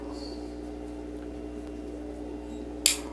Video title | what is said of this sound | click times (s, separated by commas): Rad Studio | you hear that snap | 2.9 s